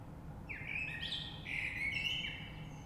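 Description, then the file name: Common blackbird giving a single drawn-out fluty warble with overlapping higher twittering notes, over a low steady rumble. Recorded 3 March 2020. "Rush Merle"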